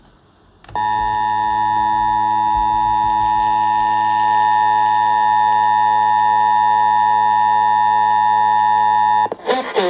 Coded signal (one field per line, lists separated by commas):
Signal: Emergency Alert System (SAME) tones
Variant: 853 and 960 Hz attention tone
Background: speech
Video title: ILLINOIS TEST PARTY - EAS Tests from 07/05/2022 (EAS #573-581)